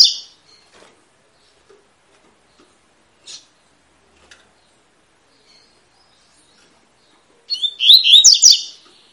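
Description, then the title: Double-collared seedeater song: a loud twittering phrase near the end, with a clipped phrase at the start and a few faint scattered chirps between. Tui-tui song style, fibra, of a bird used as a song teacher ('professor') for young birds. "COLEIRO TUI TUI FIBRA CANTO PROFESSOR"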